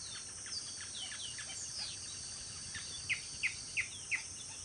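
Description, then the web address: Band-tailed hornero calling, a few soft notes then four loud sharp downslurred calls evenly spaced near the end, with constant high-pitched insect buzzing behind. "Band tailed hornero. صدای-پرنده-هورنرو-دمنواری"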